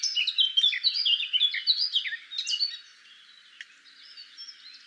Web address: SETE Sylvia atricapilla